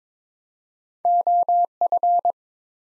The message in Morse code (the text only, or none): OF